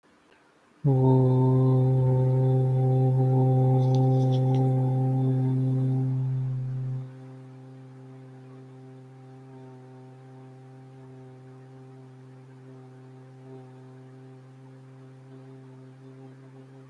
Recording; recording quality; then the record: sustained vowel as in boot; excellent, no background noise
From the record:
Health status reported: healthy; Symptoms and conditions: none ticked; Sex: male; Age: 25 years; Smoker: not ticked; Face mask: not worn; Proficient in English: yes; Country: India